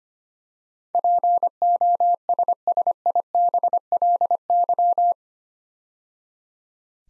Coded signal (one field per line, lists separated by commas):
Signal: Morse code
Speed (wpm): 25 wpm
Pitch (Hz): 700 Hz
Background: none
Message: POSSIBLY